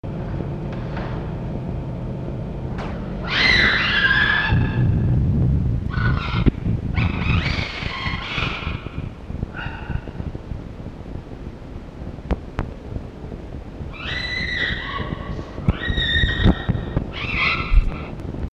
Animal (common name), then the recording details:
Red Fox. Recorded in captivity. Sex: female. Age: adult. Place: Zoologisches Institut der HUB, Berlin, DE. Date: 1952-04-09 18:00. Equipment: Elmetra. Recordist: Tembrock, Günter. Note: Fiffi im Mittelzimmer, Jupp folgt ihr. Fiffi: Kreischen